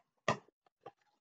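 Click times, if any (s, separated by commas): 0.3 s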